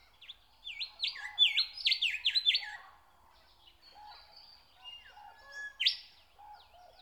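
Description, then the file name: Nightingale delivering a fast burst of repeated high, clipped notes, a short pause, then a single loud sweeping note. "Nature Sounds - Song of the nightingale"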